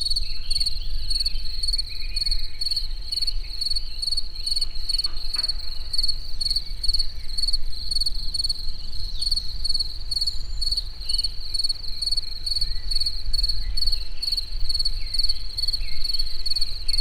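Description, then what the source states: Cricket chirping, regular high pulsed bursts throughout, over a constant low background rumble. In nature towards evening at the Eger tourist house.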